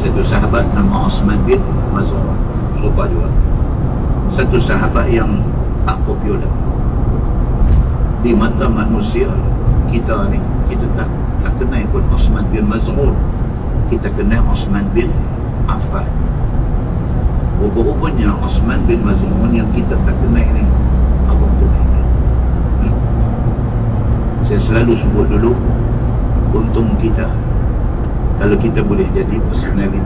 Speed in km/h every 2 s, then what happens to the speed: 111, 109, 106, 104, 102, 100, 98, 98, 100, 100, 101, 102, 105, 102, 102.
0-12 slows to 98. 12-23 speeds up to 105. 23-30 steady at about 102.